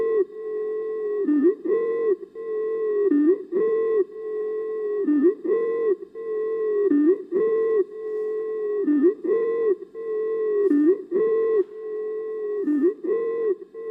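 Stridor from a breathing simulator: a loud, musical breath sound that recurs with each breath.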